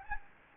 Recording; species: mosquito wingbeat signal from an infrared sensor; Anopheles gambiae